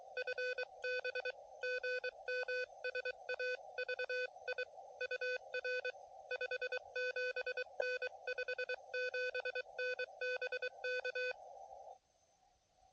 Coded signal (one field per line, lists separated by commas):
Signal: Morse code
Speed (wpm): 23 wpm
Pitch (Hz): 1500 Hz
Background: none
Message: FB GM SAVI UR 57N 57N BK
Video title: QRP CW POTA